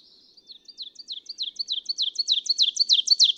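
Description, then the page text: Ovenbird singing a crescendo of sharp, high teacher-teacher phrases, quiet at first and swelling louder with each quick repetition; background otherwise silent. Male, one of three neighboring males whose songs differ subtly in teacher intonation; recorded June 2, 2017, in a state forest in Goshen, Massachusetts. "Birdsong for the Curious Naturalist. Ovenbird. Daughters of the American Revolution State Forest, Goshen, Massachusetts"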